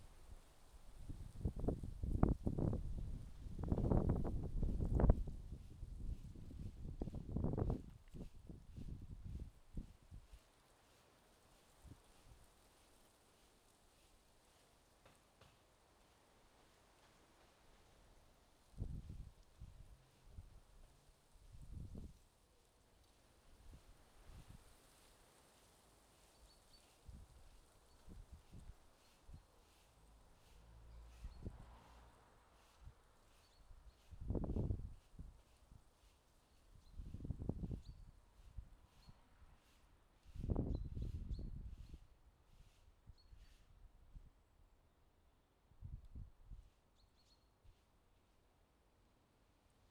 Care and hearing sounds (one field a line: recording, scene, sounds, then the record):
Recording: everyday scene through a hearing-aid microphone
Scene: wind on the microphone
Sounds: wind, other noises, traffic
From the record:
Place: suburban garden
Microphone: in the ear canal, left